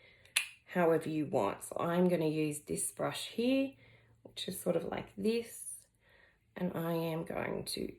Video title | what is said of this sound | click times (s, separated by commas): NEW BEGINNINGS - Trinny London Latest | and they click into place magnetically | 0.4 s